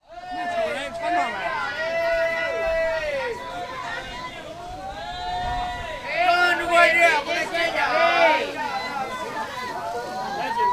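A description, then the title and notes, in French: A tourist market in Beijing, filled with overlapping voices talking at once. The chatter is dense and continuous, with a few voices standing out above the babble, growing busier and louder after about six seconds. A low rumble runs underneath throughout. Un marché avec beaucoup de touristes à Pékin. Un marché touristique à Pékin.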